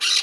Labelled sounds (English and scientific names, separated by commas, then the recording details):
Brown-throated Parakeet (Eupsittula pertinax) contact call
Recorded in Margarita
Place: Mangroves NW of Las Tetas de Ma. Guevara
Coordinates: 10.962, -64.143